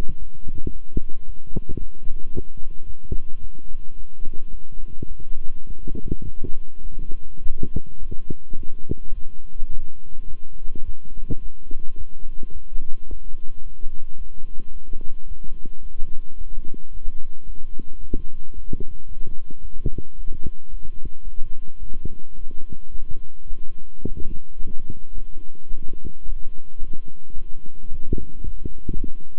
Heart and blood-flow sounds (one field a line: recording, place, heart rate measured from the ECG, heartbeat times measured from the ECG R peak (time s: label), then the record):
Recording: heart sounds by stethoscope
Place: between the tricuspid and mitral areas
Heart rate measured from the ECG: 108 bpm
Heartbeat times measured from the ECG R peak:
0.18 s: heartbeat
0.71 s: heartbeat
1.25 s: heartbeat
1.78 s: heartbeat
2.32 s: heartbeat
2.85 s: heartbeat
3.39 s: heartbeat
3.95 s: heartbeat
4.50 s: heartbeat
5.07 s: heartbeat
5.65 s: heartbeat
6.23 s: heartbeat
6.81 s: heartbeat
7.41 s: heartbeat
7.98 s: heartbeat
8.55 s: heartbeat
9.13 s: heartbeat
9.69 s: heartbeat
10.26 s: heartbeat
10.83 s: heartbeat
11.40 s: heartbeat
11.96 s: heartbeat
12.52 s: heartbeat
13.07 s: heartbeat
13.62 s: heartbeat
14.16 s: heartbeat
14.71 s: heartbeat
15.26 s: heartbeat
15.81 s: heartbeat
16.36 s: heartbeat
16.91 s: heartbeat
17.45 s: heartbeat
18.00 s: heartbeat
18.53 s: heartbeat
19.07 s: heartbeat
19.60 s: heartbeat
20.15 s: heartbeat
20.69 s: heartbeat
21.23 s: heartbeat
21.78 s: heartbeat
22.34 s: heartbeat
22.90 s: heartbeat
23.46 s: heartbeat
24.02 s: heartbeat
24.58 s: heartbeat
25.14 s: heartbeat
25.69 s: heartbeat
26.24 s: heartbeat
26.79 s: heartbeat
27.34 s: heartbeat
27.89 s: heartbeat
28.43 s: heartbeat
28.96 s: heartbeat
From the record:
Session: walking at 3.7 km/h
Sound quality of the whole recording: good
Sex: male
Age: 26 years